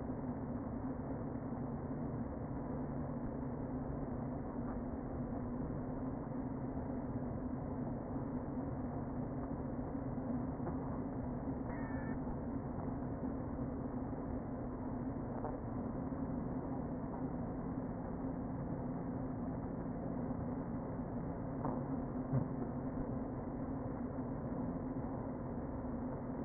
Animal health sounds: honeybee colony, microphone inside the hive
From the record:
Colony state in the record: queen present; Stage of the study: before two queens were removed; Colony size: about 60,000 bees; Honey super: yes

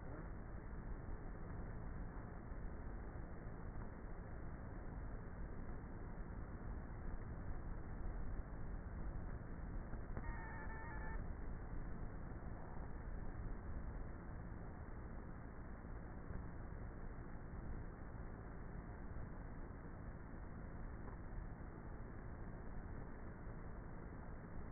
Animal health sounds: honeybee colony, microphone inside the hive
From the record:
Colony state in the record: queenless with a low population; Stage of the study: before two queens were removed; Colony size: about 30,000 bees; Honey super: no

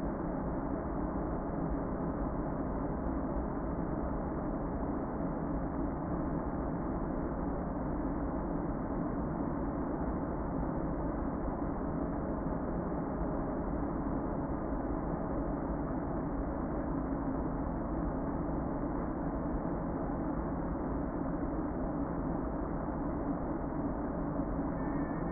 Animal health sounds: honeybee colony, microphone inside the hive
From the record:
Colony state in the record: queen present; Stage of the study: before two queens were removed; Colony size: about 60,000 bees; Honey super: yes

